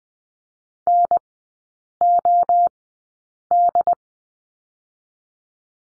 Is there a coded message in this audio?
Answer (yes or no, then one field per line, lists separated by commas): yes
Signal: Morse code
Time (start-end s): 0.9-3.9 s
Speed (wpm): 20 wpm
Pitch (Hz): 700 Hz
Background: none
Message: NOD